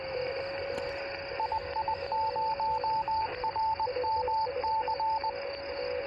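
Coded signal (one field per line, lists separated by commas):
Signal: Morse code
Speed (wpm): 20 wpm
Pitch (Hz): 880 Hz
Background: radio noise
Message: II0RMC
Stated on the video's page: QRP CW contacts on a portable vertical antenna with radials, in average propagation conditions with no DX.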